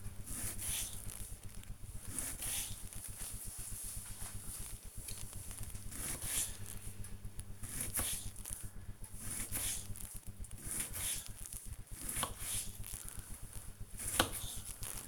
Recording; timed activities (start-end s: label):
household activities, microphone on the right wrist
0.00-14.39 s: cutting vegetables